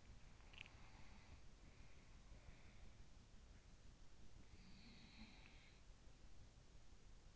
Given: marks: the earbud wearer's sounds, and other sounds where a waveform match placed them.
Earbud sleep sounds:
sounds in sleep by an in-ear microphone; teeth grinding
0.35-3.05 s: sound from someone else or the room
0.35-0.79 s: teeth grinding
4.26-6.46 s: sound from someone else or the room

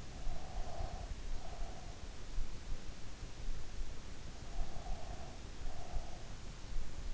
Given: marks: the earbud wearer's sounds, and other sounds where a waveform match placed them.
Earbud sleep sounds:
sounds in sleep by an in-ear microphone; breath
0.00-2.13 s: breath
4.41-6.35 s: breath

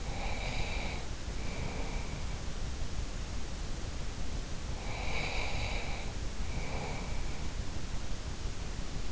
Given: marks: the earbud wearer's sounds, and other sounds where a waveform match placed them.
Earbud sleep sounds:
sounds in sleep by an in-ear microphone; breath
0.00-2.33 s: breath
4.69-7.41 s: breath

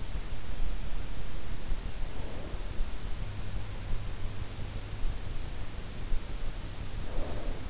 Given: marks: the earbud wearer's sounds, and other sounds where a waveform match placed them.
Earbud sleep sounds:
sounds in sleep by an in-ear microphone; snoring breath
2.11-2.62 s: snoring breath
6.91-7.70 s: snoring breath

